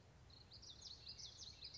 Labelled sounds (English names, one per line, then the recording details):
Common Yellowthroat
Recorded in Sonoma County, California